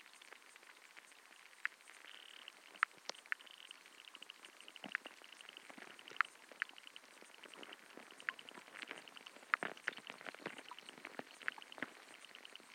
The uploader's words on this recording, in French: Étang du Gouffre - Aube. Enregistrement hydrophonique, Parc Jean-Jacques Rousseau (Ermenonville, France). Sound Devices 722; Aquarian Audio H2a-XLR hydrophones.